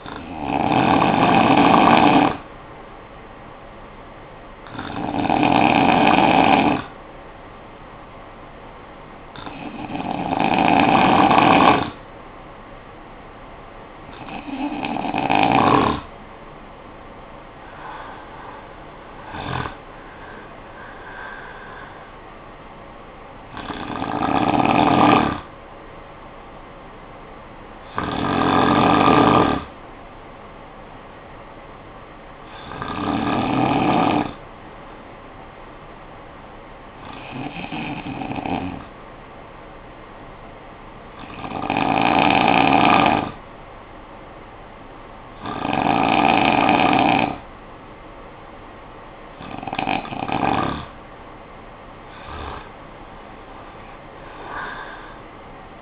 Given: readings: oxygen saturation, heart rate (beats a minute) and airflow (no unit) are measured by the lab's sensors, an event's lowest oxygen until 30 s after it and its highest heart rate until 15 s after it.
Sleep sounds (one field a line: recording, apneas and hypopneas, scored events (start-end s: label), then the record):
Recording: breathing in sleep by a voice recorder at the bedside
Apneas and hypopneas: 1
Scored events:
36.00-48.80 s: hypopnea (N2, oxygen 96% highest, then 91% lowest, heart rate 53 at the start, 72 highest)
From the record:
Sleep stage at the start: N2 (light sleep)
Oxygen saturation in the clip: 93 to 96%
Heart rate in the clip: 51 to 72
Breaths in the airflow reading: 13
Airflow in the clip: -11.5 to 7.4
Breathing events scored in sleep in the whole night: 445 in 7.6 hours asleep